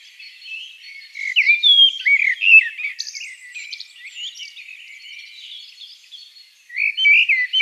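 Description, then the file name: Common blackbird singing one long warbled phrase with squeaky high notes, fading to soft twitters, then a new whistled phrase starting near the end. "Turdus merula"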